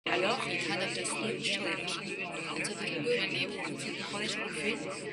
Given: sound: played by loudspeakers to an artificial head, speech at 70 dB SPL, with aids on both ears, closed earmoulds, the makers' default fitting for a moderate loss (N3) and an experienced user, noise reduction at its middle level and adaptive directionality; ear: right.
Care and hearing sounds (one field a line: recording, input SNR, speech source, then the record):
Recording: speech test signal (ISTS) in cocktail-party noise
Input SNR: -6 dB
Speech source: in front (0 degrees)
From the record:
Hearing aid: class 2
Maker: C